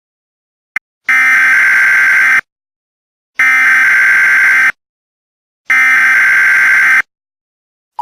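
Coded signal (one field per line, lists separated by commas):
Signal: Emergency Alert System (SAME) tones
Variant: header bursts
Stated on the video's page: Fictional scenario alert about a serial killer.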